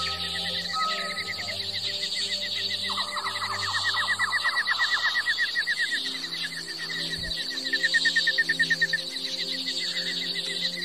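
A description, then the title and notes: Tropical rainforest sounds: a dense, steady wall of insect buzzing and trilling sits high and bright throughout, with a rapid pulsing chirp running across the middle. Low droning tones hum underneath, and a fast rattling call rises briefly around three to five seconds. 3 Hour Tropical Rainforest. Tropical rainforest sounds.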